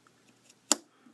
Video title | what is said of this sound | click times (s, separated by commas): "Think Fast Holsters" OWB Carbon Fiber Holster & Gear | I kind of give you an idea of the retention so you can hear that click Oh beautiful | 0.7 s